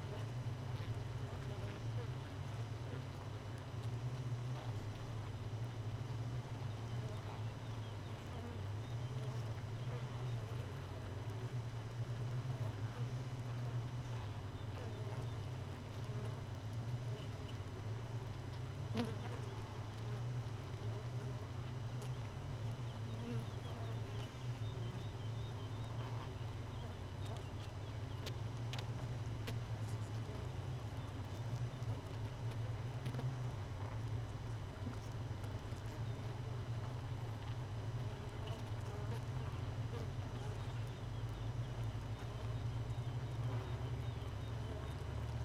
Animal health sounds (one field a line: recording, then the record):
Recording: honeybee colony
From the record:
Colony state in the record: missing queen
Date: 31 May 2018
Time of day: 4:39